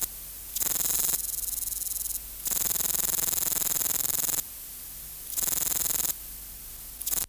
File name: Conocephalus kisi